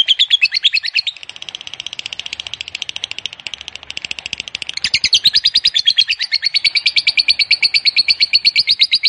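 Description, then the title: Lovebird chattering song, an unbroken rapid series of shrill notes that grows louder and slightly higher after the midpoint. Fighter lovebird giving a long ngekek (ngekek panjang). "Suara Lovebird FIGHTER NGEKEK PANJANG"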